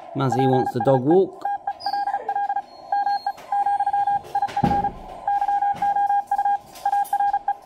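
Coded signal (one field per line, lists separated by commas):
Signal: Morse code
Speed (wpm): 36 wpm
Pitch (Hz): 810 Hz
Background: speech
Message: PSE TELL ME ,IF YOU ARE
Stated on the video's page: CW received on a Xiegu X6100 running firmware v1.1.5.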